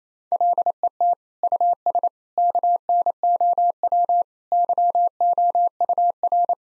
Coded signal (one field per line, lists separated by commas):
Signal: Morse code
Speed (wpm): 28 wpm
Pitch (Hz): 700 Hz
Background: none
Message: LET US KNOW YOUR